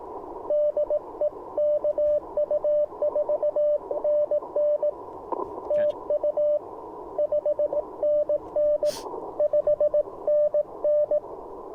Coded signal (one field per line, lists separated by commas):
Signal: Morse code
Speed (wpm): 20 wpm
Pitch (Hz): 600 Hz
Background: radio noise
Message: DE KU4NN TU 5NN 5NN